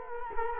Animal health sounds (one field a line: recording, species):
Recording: mosquito wingbeat signal from an infrared sensor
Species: Culex quinquefasciatus